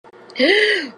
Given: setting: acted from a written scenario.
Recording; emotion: vocal sound without words; embarrassment